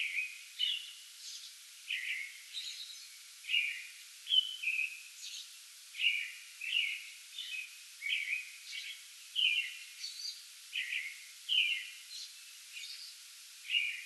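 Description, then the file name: American robin caroling in a long continuous bout of whistled phrases and high squeaky notes, evenly spaced, with light background hiss. Pre-dawn song bout recorded 8 May 2022. "2022-05-08 American Robin pre-dawn song bout"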